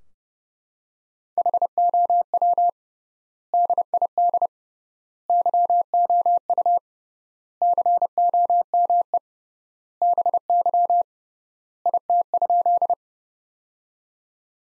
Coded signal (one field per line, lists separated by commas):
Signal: Morse code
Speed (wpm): 30 wpm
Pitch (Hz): 700 Hz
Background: none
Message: HOW DID YOU COME BY IT?